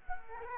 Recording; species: mosquito wingbeat signal from an infrared sensor; Culex quinquefasciatus